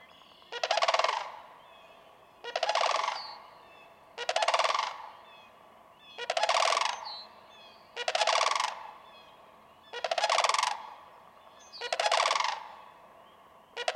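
Sandhill crane repeating its croaking, rattled call seven times at a steady pace of about one every two seconds, faint chirps heard between calls.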